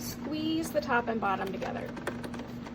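A coffee pod sits in the pod holder under the closed lid of a Keurig K-Slim single-serve K-Cup pod coffee maker (black, Multistream Technology), and someone talks while squeezing the top and bottom of the machine together to force the needle to puncture the plastic pod. Handling noises and short tapping sounds are heard, with one sharper tick at about 2.3 s. The pod has not been punctured yet and nothing has seated or clicked yet.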